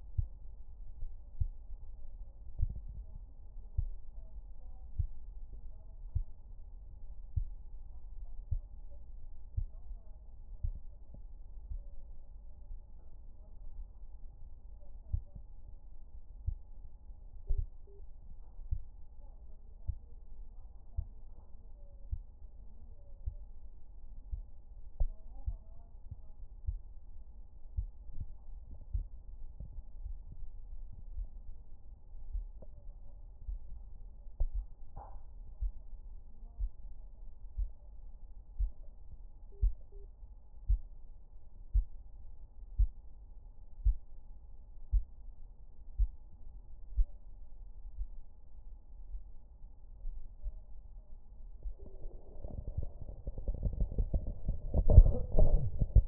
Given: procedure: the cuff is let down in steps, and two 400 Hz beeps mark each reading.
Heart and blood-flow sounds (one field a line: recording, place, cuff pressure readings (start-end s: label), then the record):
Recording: Korotkoff sounds by stethoscope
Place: brachial artery, at the lower edge of an arm cuff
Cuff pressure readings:
17.47-18.00 s: 80 mmHg
39.52-40.05 s: 75 mmHg
From the record:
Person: healthy adult, 24 to 32 years, lying on the back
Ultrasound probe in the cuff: proximal